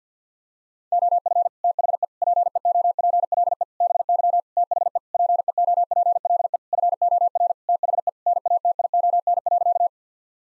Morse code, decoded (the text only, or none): OF THE PEOPLE BY THE PEOPLE FOR THE NATION.